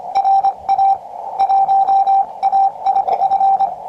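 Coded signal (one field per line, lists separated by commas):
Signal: Morse code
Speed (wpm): 26 wpm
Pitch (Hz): 780 Hz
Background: radio noise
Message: RA1AIF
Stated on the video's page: QRP CW contact on 14.060 MHz, sent with a Vibroplex Lightning bug key on a QRP Labs QCX-20 at 3W.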